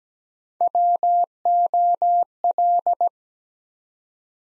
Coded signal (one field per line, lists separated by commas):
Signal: Morse code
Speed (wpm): 17 wpm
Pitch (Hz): 700 Hz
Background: none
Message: WOL